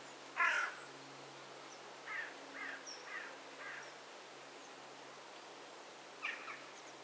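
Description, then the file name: Eurasian magpie giving a few harsh, rasping notes, one loud and the rest faint, over a steady low background hiss. "Pica pica"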